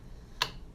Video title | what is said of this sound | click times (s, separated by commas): Filling the bobbin, threading machine | hear that click and then come back over here and then thread your machine normally so | 0.4 s